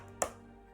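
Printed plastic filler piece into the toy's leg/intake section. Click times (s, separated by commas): 0.2 s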